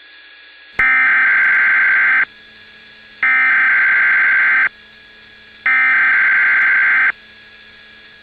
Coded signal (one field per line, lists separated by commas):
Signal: Emergency Alert System (SAME) tones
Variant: header bursts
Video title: EAS Movie Combo II - The Birds & Lake Placid